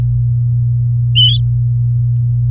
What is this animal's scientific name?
Serinus canaria